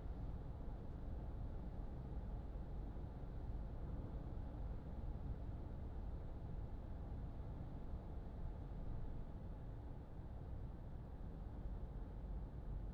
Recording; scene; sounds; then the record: everyday scene through a hearing-aid microphone; in a vehicle; engine, highway driving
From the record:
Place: Berlingo II, diesel engine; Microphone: in the ear canal, left